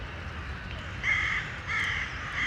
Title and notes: Bois de la Cambre, Bruxelles, Bruxelles-Capitale, Belgique - corvids, woodpeckers planes and joggers. Corbeaux. corneilles, pic épeiche avions et joggers